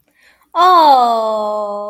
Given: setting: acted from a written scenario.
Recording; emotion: vocal sound without words; adoration